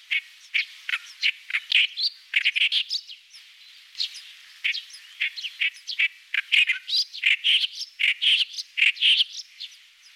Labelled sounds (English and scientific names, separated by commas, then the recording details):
Clamorous Reed Warbler (Acrocephalus stentoreus) song
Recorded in the wild
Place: Kurtlisee, TM
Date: 2001-05-14
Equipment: MiniDisc Sharp MT 20 H
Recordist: Schwarz, Dieter
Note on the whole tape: Song